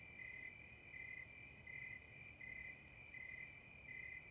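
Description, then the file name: Cricket chirping: short, high trilled bursts repeated roughly every three quarters of a second over steady background noise. "CB Cricket"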